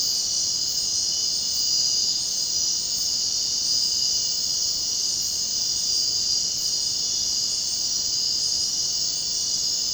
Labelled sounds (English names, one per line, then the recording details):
none
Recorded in dense forest near Puerto Asís, Putumayo, Colombia, on 22 June 2025 at 23:30
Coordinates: 0.499, -76.324
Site G100